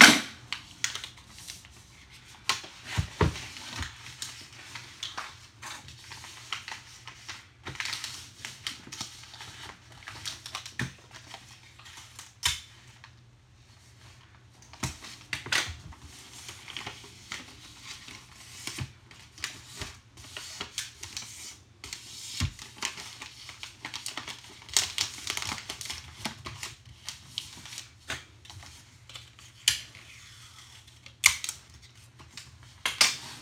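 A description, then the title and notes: Presents are being wrapped, with scissors snipping and paper crinkling in quick, irregular bursts throughout. Sharp crisp clicks and rustles come in dense clusters, with a brief lull near 13 seconds. A low steady hum sits underneath. Wrapping presents. Specifically the sound of scissors cutting paper.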